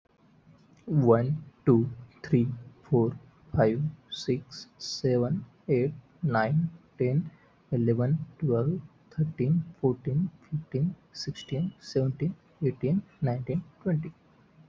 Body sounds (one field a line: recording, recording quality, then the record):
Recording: counting at a normal pace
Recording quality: excellent, no background noise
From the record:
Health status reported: healthy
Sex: male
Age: 23 years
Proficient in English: yes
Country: India